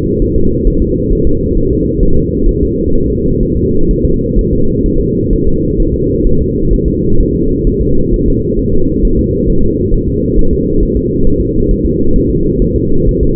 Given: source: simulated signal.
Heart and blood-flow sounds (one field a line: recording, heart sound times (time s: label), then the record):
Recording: fetal heart sounds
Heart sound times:
0.22 s: S1
0.37 s: S2
0.68 s: S1
0.82 s: S2
1.12 s: S1
1.27 s: S2
1.58 s: S1
1.72 s: S2
2.03 s: S1
2.17 s: S2
2.49 s: S1
2.63 s: S2
2.96 s: S1
3.10 s: S2
3.43 s: S1
3.57 s: S2
3.91 s: S1
4.05 s: S2
4.39 s: S1
4.53 s: S2
4.86 s: S1
5.00 s: S2
5.33 s: S1
5.47 s: S2
5.80 s: S1
5.94 s: S2
6.27 s: S1
6.41 s: S2
6.73 s: S1
6.88 s: S2
7.20 s: S1
7.35 s: S2
7.67 s: S1
7.81 s: S2
8.13 s: S1
8.28 s: S2
8.59 s: S1
8.74 s: S2
9.05 s: S1
9.19 s: S2
9.50 s: S1
9.64 s: S2
9.94 s: S1
10.09 s: S2
10.39 s: S1
10.53 s: S2
10.83 s: S1
10.97 s: S2
11.27 s: S1
11.41 s: S2
11.71 s: S1
11.85 s: S2
12.16 s: S1
12.31 s: S2
12.62 s: S1
12.76 s: S2
13.09 s: S1
13.23 s: S2
From the record:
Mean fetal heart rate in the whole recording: 130 bpm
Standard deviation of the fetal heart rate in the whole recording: 4 bpm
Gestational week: 38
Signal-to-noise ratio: -17.7 dB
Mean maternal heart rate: 72 bpm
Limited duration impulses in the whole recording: present